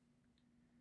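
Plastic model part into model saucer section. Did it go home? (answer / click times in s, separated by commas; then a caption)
no / none. A plastic model part is being pressed toward the model saucer section. Only a steady low hum and faint handling noise are heard, with no distinct click. Nothing has seated or clicked yet.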